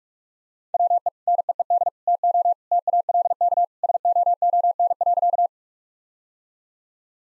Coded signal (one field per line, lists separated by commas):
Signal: Morse code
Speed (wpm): 46 wpm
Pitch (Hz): 700 Hz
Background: none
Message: WE NEED TO TALK SOON.